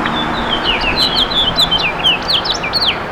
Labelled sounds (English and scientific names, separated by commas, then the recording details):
House Finch (Haemorhous mexicanus) song
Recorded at East Hampton on Long Island, New York, on 15 June 2013
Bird A